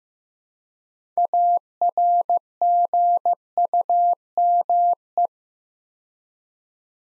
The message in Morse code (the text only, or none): ARGUME